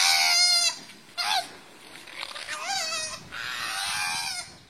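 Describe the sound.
Koala screaming in shrill, quavering wails that rise and fall, several bursts separated by short pauses.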